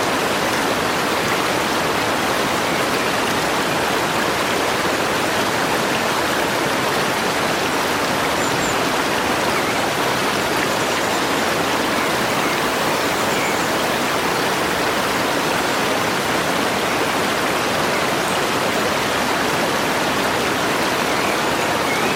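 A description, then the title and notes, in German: A snow-fed mountain stream rushes steadily, its dense, even hiss of water unchanging, with faint chirps. Schneebedeckter Bergbach. Eingebettet in die Französischen Alpen nahe der Schweizer Grenze fließt ein ruhiger Gebirgsbach durch einen stillen Nadelwald. Die beruhigenden Klänge des über Felsen strömenden Wassers vermischen sich mit dem sanften Vogelgesang in den Bäumen.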